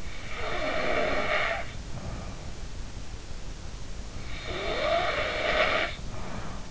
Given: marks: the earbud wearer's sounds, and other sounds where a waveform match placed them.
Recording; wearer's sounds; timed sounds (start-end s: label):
sounds in sleep by an in-ear microphone; snoring breath
0.00-2.53 s: snoring breath
4.48-6.36 s: snoring breath